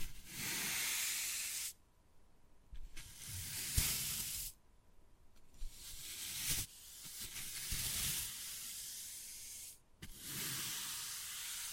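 Long rasping scratches on wood come in bursts of a few seconds, split by brief quiet gaps and sharp taps near four, seven and ten seconds.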